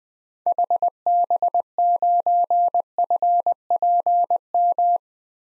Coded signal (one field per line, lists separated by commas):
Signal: Morse code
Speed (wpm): 20 wpm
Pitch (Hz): 700 Hz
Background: none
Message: HB9FPM